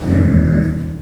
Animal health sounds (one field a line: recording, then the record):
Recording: squeal of a Yucatan mini pig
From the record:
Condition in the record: after surgery on the right vocal fold (resection and tissue-engineered implant)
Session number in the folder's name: 7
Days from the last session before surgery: 47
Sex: female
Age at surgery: 19 weeks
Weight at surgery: 25 kg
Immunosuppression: prednisolone